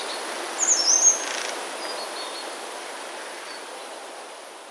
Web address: wroblowe teka spiew. modraszkoteka